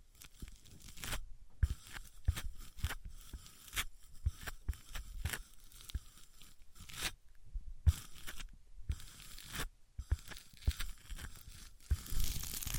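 Materials such as wood, cork, sponge, foam, glass and plastic are rubbed and handled, making dense, crackly scraping and crunching that sounds almost like tearing. The rough bursts come in quick runs, broken by brief silences every few seconds, with sharper clicks scattered throughout.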